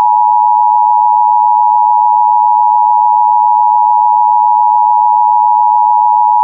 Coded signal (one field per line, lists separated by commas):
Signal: Emergency Alert System (SAME) tones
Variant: 853 and 960 Hz attention tone